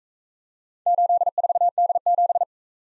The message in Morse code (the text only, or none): 84D7